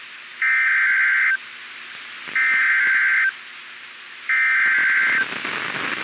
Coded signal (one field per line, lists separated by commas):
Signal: Emergency Alert System (SAME) tones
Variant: header bursts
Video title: AM I GOING INSANE?! - Weather Alerts from 8/13/2025 (EAS #432-#441)